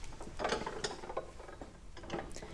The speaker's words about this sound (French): donc on a un bras, une sorte donc de levier comme ça qu'on va tirer assez fort. Et puis pour faire la pression de cette grande plaque en fonte comme ça sur le papier.